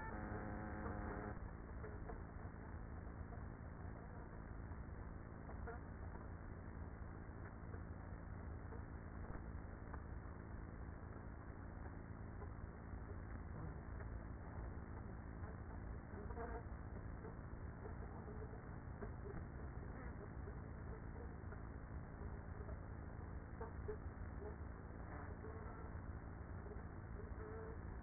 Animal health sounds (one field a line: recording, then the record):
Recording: honeybee colony, microphone inside the hive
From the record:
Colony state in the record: queenless with a low population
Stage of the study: after two queens were removed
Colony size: about 30,000 bees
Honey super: no